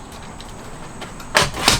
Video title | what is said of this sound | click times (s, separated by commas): INSTRUCTIONAL - Detailed Sprinter Van Headliner Removal | clicks right in okay | 1.4 s, 1.7 s